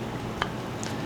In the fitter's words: and it just locks into place. Doesn't fall out.